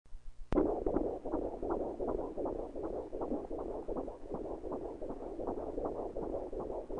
Heartbeat.